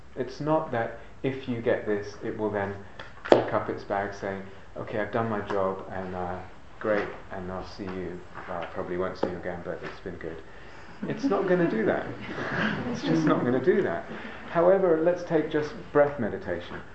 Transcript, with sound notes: It's not that if you get this, it will then pick up its bags, saying, "Okay, I've done my job," and "Great," and "I'll see you -- well, I probably won't see you again, but it's been good." [laughter] It's not going to do that! [laughter] It's just not going to do that. However, let's take just breath meditation.